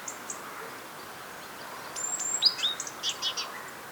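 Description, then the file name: Great tit calls: a quiet opening, then a cluster of thin high whistles and quick buzzy chattering notes in the second half. "Parus major"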